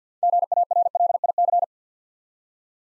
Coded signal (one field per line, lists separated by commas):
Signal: Morse code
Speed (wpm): 52 wpm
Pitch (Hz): 700 Hz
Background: none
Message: GARLIC